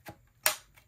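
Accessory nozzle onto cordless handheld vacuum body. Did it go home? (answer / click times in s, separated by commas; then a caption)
yes / 0.5 s. An accessory nozzle is slid along its grooves onto the handheld body of a BuTure VC80 cordless vacuum cleaner; a soft scrape near 0.1 s leads to a sharp, bright latch click at 0.5 s, followed by a faint tick near 0.8 s. The nozzle is seated and latched onto the handheld unit.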